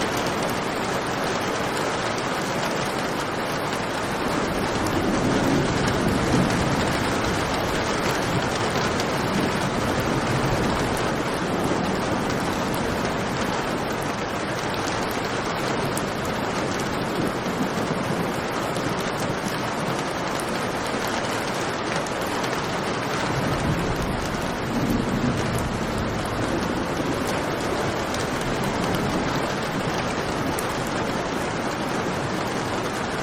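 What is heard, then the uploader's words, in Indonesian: Heavy evening rain pours down in a dense, steady hiss that fills everything from low rumble to bright spatter. Loudness stays nearly constant for the whole half minute, with a slightly fuller, deeper swell around six seconds and again near twenty-five. Nature - Evening Rain. Derasnya hujan di sore hari. Disamping jendela kamar dirumah sendiri.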